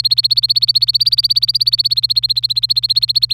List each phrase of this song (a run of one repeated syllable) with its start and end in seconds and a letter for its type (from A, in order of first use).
0.00-3.33 A